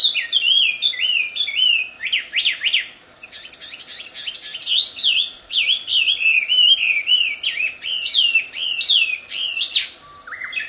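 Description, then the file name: Chinese hwamei song, long varied sequence of loud, rich whistles and rapid repeated phrases, some rising and falling sharply, closing on a lower note. Wild bird singing in its natural habitat. "kicauan burung hwamei di alam liar. omkicau"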